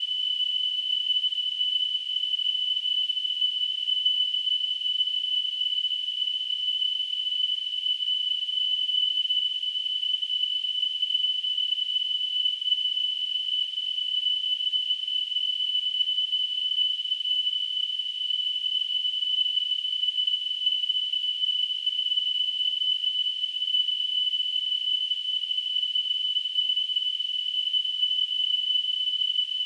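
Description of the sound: Simulated tinnitus: a steady, continuous high-pitched tone near 3 kHz, surrounded by a faint band of hiss, unchanging throughout with no low-frequency sound.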